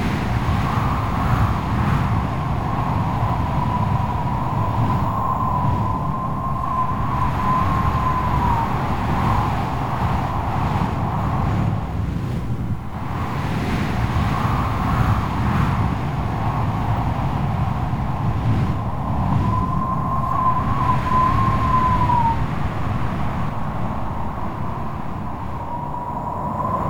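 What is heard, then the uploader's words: Stormy wind roars in a dense, steady low rumble that fills the whole clip, easing briefly around the thirteenth second. A thin whistling tone wavers above it, rising and bending near seven and again near twenty seconds, like gusts whining past an edge. Stormy Wind.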